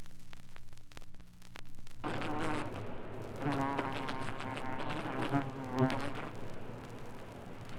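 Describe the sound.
Fly buzzing, a low droning hum that begins abruptly after about two seconds and wavers in strength, with a few clicks before it.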